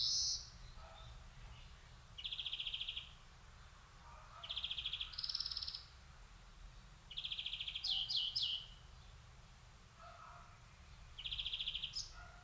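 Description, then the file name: European greenfinch delivering repeated rapid rattling trills every few seconds, with a brief higher twittering burst midway. "Chloris chloris"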